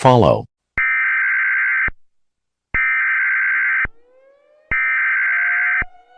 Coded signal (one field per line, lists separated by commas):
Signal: Emergency Alert System (SAME) tones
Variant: header bursts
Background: speech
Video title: EAS Scenario- 1 Hour Until Asteroid Impact